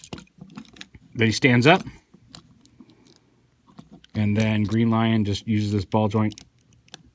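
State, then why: Not seated. Someone talks while handling a Toynami SDCC 2015 Exclusive Altimites DX Voltron (Metallic Version) toy, bringing the Green Lion figure's ball joint toward a socket on the side of the main Black Lion body. Light plastic taps and handling clicks are heard. Nothing has seated or clicked into place yet.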